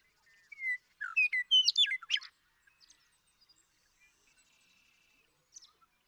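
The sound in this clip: Western meadowlark phrase of whistled notes rising into a gurgling flourish, followed by faint scattered chirps and a soft high note.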